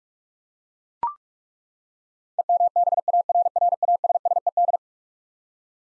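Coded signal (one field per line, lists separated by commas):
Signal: Morse code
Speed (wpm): 41 wpm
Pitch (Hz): 700 Hz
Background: none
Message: EMBARRASSED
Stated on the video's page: Head-copy drill of eleven-letter words sent at 45 wpm, each word sent, then spoken, then sent again.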